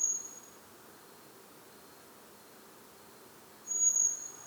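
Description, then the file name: Common blackbird high, thin, level whistle fading out at the start, then another long seee note near the end, over soft hiss. "Turdus merula"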